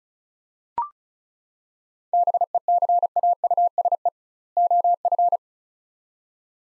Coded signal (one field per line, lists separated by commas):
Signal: Morse code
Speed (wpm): 36 wpm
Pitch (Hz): 700 Hz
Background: none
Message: BECAUSE OF